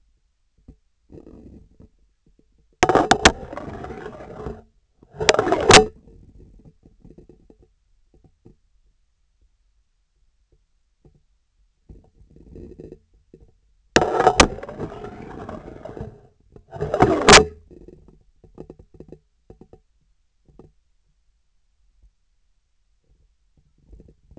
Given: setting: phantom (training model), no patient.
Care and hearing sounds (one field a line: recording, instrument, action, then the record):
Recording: laparoscopic instrument, vibration sensor on the handle end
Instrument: scissors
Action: insertion and removal through the trocar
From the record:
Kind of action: spatial motion